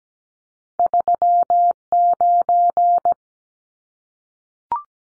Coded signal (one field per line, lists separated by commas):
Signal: Morse code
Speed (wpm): 17 wpm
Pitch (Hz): 700 Hz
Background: none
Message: 39